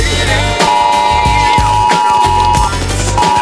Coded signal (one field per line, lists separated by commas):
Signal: Emergency Alert System (SAME) tones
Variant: 853 and 960 Hz attention tone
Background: music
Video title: EAS Mini 13: Murder Drones Attack